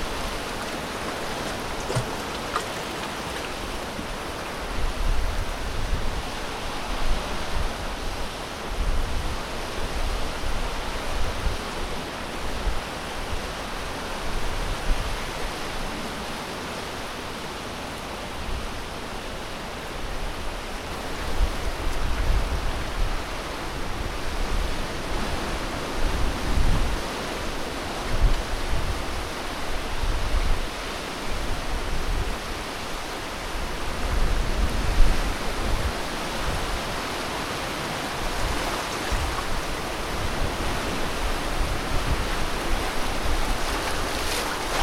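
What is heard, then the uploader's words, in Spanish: Caribbean sea water rushes in a steady, dense roar, like surf and current churning together. The wash stays nearly constant for the whole stretch, with a low rumble underneath and gentle swells in loudness every few seconds. Bocas De Cenizas - Mar Caribe by Kellyn Parra Garcia.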